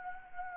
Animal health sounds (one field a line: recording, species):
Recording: mosquito wingbeat signal from an infrared sensor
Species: Anopheles gambiae